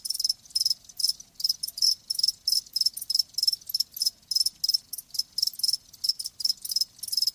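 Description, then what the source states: Cricket chirping in sharp high bursts, repeated several times a second, with little else audible. Live crickets chirping with a lulling song.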